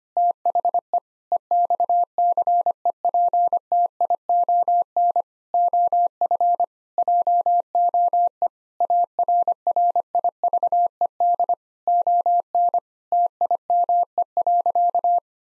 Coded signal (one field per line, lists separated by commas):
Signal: Morse code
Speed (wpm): 25 wpm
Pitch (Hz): 700 Hz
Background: none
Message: THE EXCEPTION OF JOE ARRIVED ON TIME.